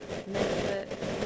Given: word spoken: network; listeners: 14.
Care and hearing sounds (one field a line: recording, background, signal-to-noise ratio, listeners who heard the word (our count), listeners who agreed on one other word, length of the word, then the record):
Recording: one English word in noise, from a listening test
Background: noise modulated by three-talker babble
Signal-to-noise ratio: -5.3 dB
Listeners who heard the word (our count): 2 of 14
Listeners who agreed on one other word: 8 of 14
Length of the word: 0.86 s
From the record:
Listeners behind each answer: 8, 2, 1, 1, 1, 1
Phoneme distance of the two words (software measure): 30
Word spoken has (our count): 2 syllables, 6 phonemes, stress on syllable 1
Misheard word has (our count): 2 syllables, 6 phonemes, stress on syllable 1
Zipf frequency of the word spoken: 4.44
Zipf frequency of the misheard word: 3.32